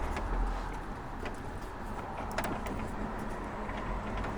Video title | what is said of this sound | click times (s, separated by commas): Bring some sunshine into your VW T5.1 van and don't spare the volts! | These only go in one way. Make sure they clip in. There should be a good positive click. | 2.4 s